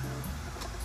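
A crew member aboard a navy frigate handles a connector fitting toward its shipboard socket, steadying it with one hand and presenting it with the other. Only a steady, loud wash of broadband noise is heard over a low droning hum, with a brief brighter swell around 0.6 s. The clip ends before the connector goes home, and nothing has clicked or seated yet.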